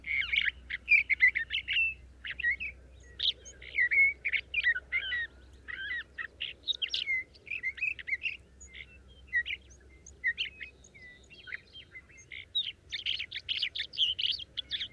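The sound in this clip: Sage thrasher singing a long, jumbled stream of warbles and chirps, fast and varied.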